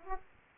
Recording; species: mosquito wingbeat signal from an infrared sensor; Aedes aegypti